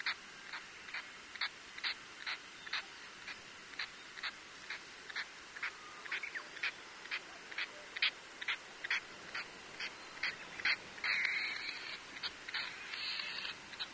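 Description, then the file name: Latham's snipe uttering steady sharp chip-like notes roughly twice per second, followed near the end by a short rasping rush. "oojishigi"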